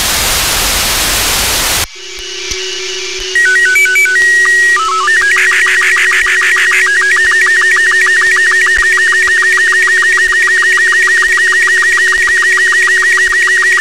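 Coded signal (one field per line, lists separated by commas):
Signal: SSTV (slow-scan television)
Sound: burst of hiss, short header tones, then a steady warbling tone with rapid regular clicks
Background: radio static, low hum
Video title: Receive SSTV via PSAT-2 (NO-104) 6-SEP-2020 over THAILAND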